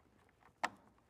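A plastic zip tie tie-down mount, one of three per saddlebag, is pressed into its mount point on the front side of the bag while the saddlebag wiring is routed. A single sharp click at 0.6 s stands out above quiet background, showing the mount has seated in place.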